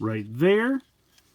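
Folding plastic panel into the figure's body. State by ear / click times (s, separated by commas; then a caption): not seated / none. During the transformation of a plastic action figure, a folded-in plastic panel is handled and brought down toward the figure's body so it can come in and snap into place. Someone talks for the first 0.8 seconds, then it goes quiet except for a faint brief tick near 1.2 seconds. The part is not yet home, and nothing has seated or clicked yet.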